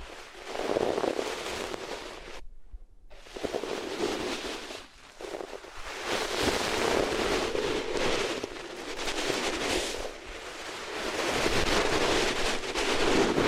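Rubbing sounds against the ears on different materials come as a dense, rushing scratchy noise that swells and fades in long strokes, like surf or wind. A brief silence falls near the two-and-a-half-second mark, then the rubbing resumes and grows steadily fuller.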